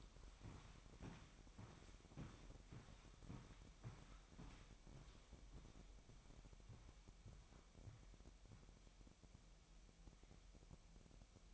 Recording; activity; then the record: daily activity, microphone in the room; walk to room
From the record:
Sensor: 1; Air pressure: 1012.2 hPa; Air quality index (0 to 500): 198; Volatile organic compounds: 4 ppm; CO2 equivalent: 1590 ppm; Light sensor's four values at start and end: 78/177/77/84 and 79/190/80/85